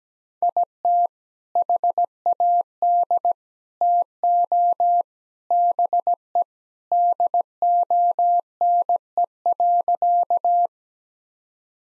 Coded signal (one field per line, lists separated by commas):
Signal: Morse code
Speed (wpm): 17 wpm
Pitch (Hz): 700 Hz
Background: none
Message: IT HAD TO BE DONE.